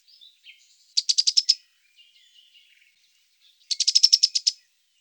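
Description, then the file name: Cetti's warbler song: two quick bursts of evenly repeated, piercing high notes, each under a second long and separated by a soft, quiet gap. "bouscarle de cetti"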